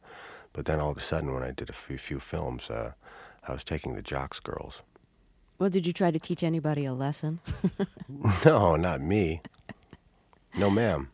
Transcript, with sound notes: But then all of a sudden when I did a few films, I was taking the jocks' girls.
Well, did you try to teach anybody a lesson? (laughs)
No, not me. No, ma'am.